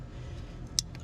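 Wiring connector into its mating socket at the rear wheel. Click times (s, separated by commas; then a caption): 0.8 s. While troubleshooting the ABS and brake warning lights on a 2006 Sienna during a rear brake shoe replacement, a wiring connector is slid back into its mating socket at the rear wheel. A sharp, short snap sounds at 0.8 s, followed by a fainter tick at about 0.95 s, over a low background hum. The connector seats with an audible snap.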